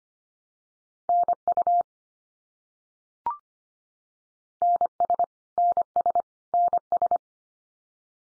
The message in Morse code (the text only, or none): NU NS NS NS